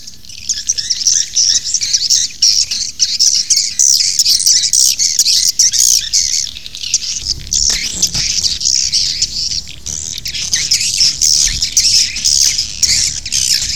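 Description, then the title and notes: Swiftlet chorus of shrill, squeaky chirps and buzzy twitters, continuous throughout, with a faint low rumble underneath. Asia; sound used in swiftlet farming to attract the birds. "Swiflet Bird Sound. Farming Swiflet Bird asia sound"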